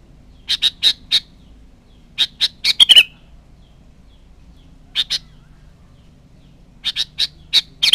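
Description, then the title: Sooty-headed bulbul delivering bright chirped notes in short runs, with longer gaps between groups and faint low hum beneath. "Kutilang"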